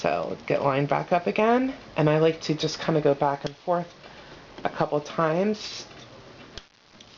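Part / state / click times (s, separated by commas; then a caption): wire jump ring ends closing onto each other / seated / 6.6 s, 7.0 s. A metal wire jump ring is closed with pliers by twisting its ends back and forth until they line up, while someone talks. Its ends click together into place at about 6.6 s and again at 7.0 s, leaving the jump ring closed.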